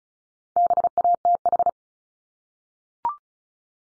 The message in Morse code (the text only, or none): BATH